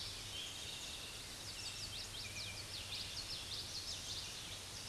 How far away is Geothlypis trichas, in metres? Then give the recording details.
about 75 m. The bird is about 15 m above the microphone. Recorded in a Pennsylvania forest on 16 May 2024 at 06:41. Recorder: AudioMoth, point MSD-2163. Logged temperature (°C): 16.1 °C. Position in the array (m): 239 m, 174 m